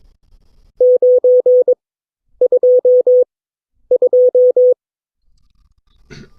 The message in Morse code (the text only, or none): 922